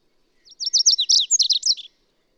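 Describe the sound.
Bird song: a single brisk phrase of high, descending slurred notes, repeated chips running into a tumbling twittered ending, around one and a half seconds long.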